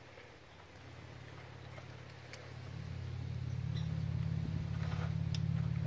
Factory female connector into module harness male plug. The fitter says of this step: we heard that snap and click as well so that